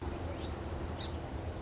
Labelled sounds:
Song Sparrow
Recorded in Sonoma County, California

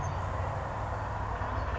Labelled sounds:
Grasshopper Sparrow
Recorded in Sonoma County, California

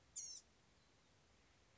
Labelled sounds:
Blue-gray Gnatcatcher
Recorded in Sonoma County, California

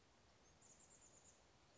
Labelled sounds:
Chestnut-backed Chickadee
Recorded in Sonoma County, California

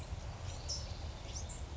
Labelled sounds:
California Towhee
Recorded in Sonoma County, California

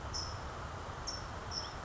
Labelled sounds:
California Towhee
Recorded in Sonoma County, California

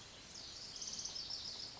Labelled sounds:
Lazuli Bunting
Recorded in Sonoma County, California

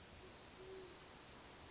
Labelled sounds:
Great Horned Owl
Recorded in Sonoma County, California

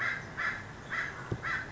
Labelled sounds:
American Crow
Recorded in Sonoma County, California

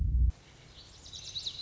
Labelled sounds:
Lazuli Bunting
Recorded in Sonoma County, California

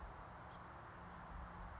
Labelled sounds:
House Finch
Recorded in Sonoma County, California

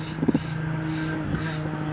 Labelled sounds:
Steller's Jay
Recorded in Sonoma County, California

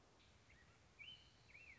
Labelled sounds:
American Robin
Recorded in Sonoma County, California

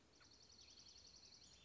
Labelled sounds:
Dark-eyed Junco
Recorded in Sonoma County, California

